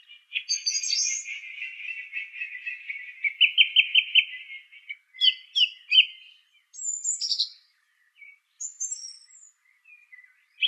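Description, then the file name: Song thrush song opening with a fast rattling trill, then a run of repeated loud notes, followed by short whistled and chipping phrases after pauses. "suara kicauan burung song thrush. omkicau"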